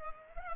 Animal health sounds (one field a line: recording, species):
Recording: mosquito wingbeat signal from an infrared sensor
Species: Culex pipiens